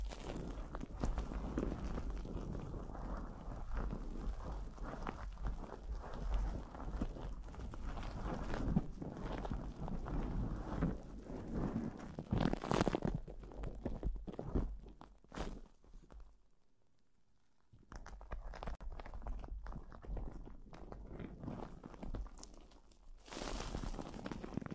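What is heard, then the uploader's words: Plastic wrap crinkles and rubs against a microphone in a dense, restless rustle, mostly low with sharp bright crackles bursting through around 13, 15 and 23 seconds. Near 16 to 18 seconds the handling stops briefly into near silence before the crumpling resumes. PLASTIC WRAP ON THE MIC (EXTRA TINGLY).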